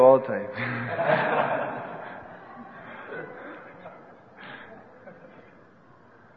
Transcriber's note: laughter